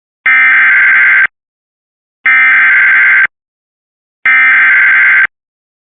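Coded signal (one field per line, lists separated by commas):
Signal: Emergency Alert System (SAME) tones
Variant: header bursts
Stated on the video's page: Severe Thunderstorm Warning tones received via Cox cable.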